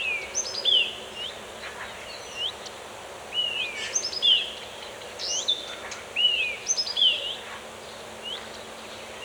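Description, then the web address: Birds giving high whistled song phrases in repeated bursts, sharp downslurred notes mixed with thin chirps over a quiet steady hiss. Birds in a forest. "مجموعه افکت صدا حیوانات SES Animals SFX Sounds Birds in Forest (Loop 2 )"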